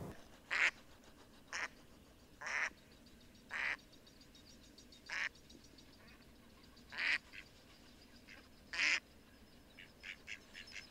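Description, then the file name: Mallard quacks, single nasal calls at irregular intervals of one to two seconds, ending in a few softer quick notes, over light background noise. "mallard duck sound"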